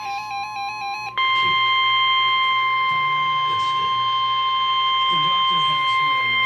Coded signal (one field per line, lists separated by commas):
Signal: Emergency Alert System (SAME) tones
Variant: 1050 Hz attention tone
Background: speech, music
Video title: EAS #95 - Severe Thunderstorm Warning